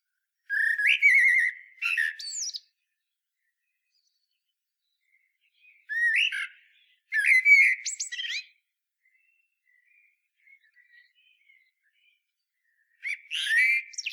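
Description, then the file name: Common blackbird with several song phrases of mellow whistled notes and loud scratchy twitters, separated by pauses, with faint soft notes between them. "Turdus merula"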